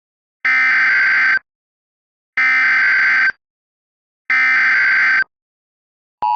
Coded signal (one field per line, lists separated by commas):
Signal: Emergency Alert System (SAME) tones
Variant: header bursts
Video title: DIRECTV EAS: Tornado Warning